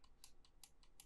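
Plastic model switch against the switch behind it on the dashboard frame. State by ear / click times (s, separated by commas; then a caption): seated / 0.2 s, 0.6 s, 1.0 s. A second small plastic switch on the dashboard frame of a Ferrari F40 Competizione model is fitted against the switch behind it and pushed. Sharp clicks sound at 0.2, 0.6 and 1.0 seconds, with fainter ticks in between, and the switch is seated.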